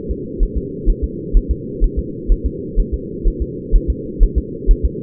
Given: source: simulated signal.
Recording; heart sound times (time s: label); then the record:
fetal heart sounds
0.11 s: S2
0.43 s: S1
0.57 s: S2
0.90 s: S1
1.04 s: S2
1.37 s: S1
1.51 s: S2
1.84 s: S1
1.99 s: S2
2.32 s: S1
2.46 s: S2
2.80 s: S1
2.94 s: S2
3.28 s: S1
3.42 s: S2
3.76 s: S1
3.90 s: S2
4.23 s: S1
4.38 s: S2
4.71 s: S1
4.85 s: S2
From the record:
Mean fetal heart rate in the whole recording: 130 bpm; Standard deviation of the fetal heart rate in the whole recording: 2 bpm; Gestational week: 38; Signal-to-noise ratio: -4.1 dB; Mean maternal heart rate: no maternal heart sound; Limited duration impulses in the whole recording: absent